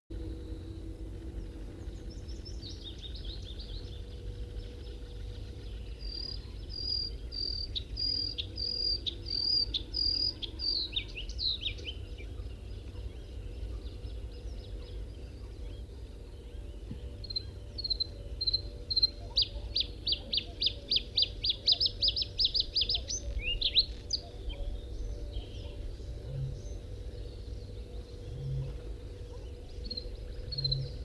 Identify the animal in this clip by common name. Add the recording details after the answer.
Bluethroat. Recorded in the wild. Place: Kremmen, Brandenburg, DE. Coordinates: 52.769, 13.001. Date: 1971-05-04. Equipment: Nagra III BH, Sennheiser MD 21, parabola. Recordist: Schubert, Michael. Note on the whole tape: Gesang Blaukehlchen nach abgespieltem Gesang